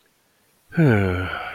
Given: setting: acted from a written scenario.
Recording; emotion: vocal sound without words; serenity